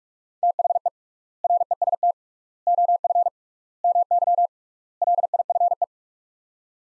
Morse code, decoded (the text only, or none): THE REST OF MY LIFE